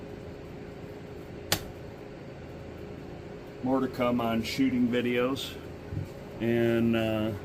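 A torque screwdriver set to 30 inch-pounds tightens another screw on a scope ring of a Monstrum Panzer LPVO mount. The driver gives a sharp click at its setting at 1.5 s over a steady background hum. Afterward someone talks.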